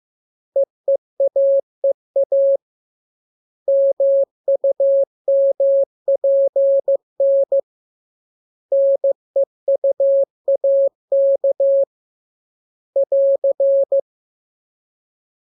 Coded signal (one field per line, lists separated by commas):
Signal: Morse code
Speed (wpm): 15 wpm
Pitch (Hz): 550 Hz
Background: none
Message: EEAEA MUMPN NEUAK <AR>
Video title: Learning Morse Code. Lesson 9. Letter KMURESNAPT